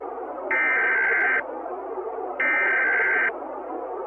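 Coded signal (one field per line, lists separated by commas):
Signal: Emergency Alert System (SAME) tones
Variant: header bursts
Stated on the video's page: Fictional Emergency Alert System scenario, a made-up alert about aliens escaping Area 51, not a real broadcast.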